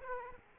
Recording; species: mosquito wingbeat signal from an infrared sensor; Aedes aegypti